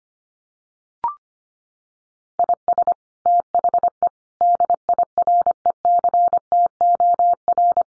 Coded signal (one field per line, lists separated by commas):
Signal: Morse code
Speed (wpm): 25 wpm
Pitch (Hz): 700 Hz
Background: none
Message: IS THE DIRECTOR